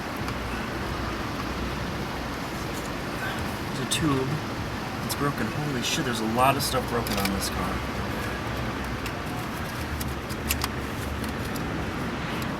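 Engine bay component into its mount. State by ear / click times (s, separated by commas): not seated / none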